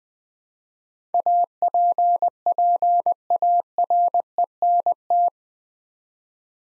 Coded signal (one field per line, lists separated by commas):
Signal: Morse code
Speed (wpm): 20 wpm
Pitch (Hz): 700 Hz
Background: none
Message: APPARENT